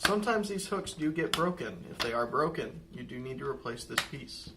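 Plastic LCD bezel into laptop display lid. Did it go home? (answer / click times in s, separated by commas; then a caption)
no / none. A plastic LCD bezel is being handled over a laptop display lid while someone talks throughout, with only faint handling sounds beneath the voice. Nothing has seated or clicked yet; the bezel is not yet home in the lid.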